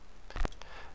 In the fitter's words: just take it and push it down firmly and it'll pop into place